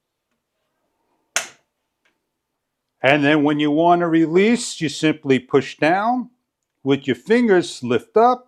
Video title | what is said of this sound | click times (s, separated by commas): ECOROAD EC8 Electric Scooter, 15-18 Miles Long Range Adults Commuting Scooters, 350W Motor & 19 MPH | and you're simply going to press down snaps into place | 1.4 s